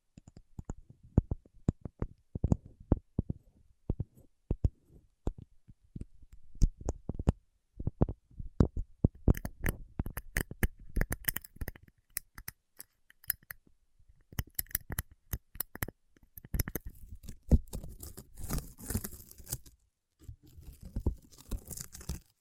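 Paraffin wax is tapped, peeled and scratched in quick, irregular clicks and ticks. The first seven seconds hold sparse, sharp taps. After about nine seconds the sounds turn denser and brighter, with crackly scraping and tearing bursts that continue to the end.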